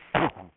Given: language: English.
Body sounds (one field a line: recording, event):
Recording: throat vibration sensor signal played as sound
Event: cough